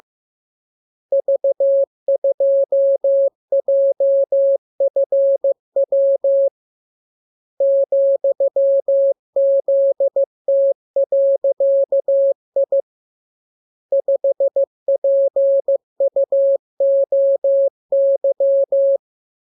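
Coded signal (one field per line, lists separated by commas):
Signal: Morse code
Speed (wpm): 15 wpm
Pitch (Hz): 550 Hz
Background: none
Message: V2JFW ,ZT.I 5PUOY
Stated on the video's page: Morse code lesson 29 of a 42-lesson course, opened with VVV and a section sign and closed with AR.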